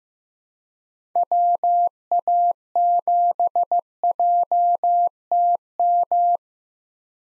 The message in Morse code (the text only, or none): WA7JTM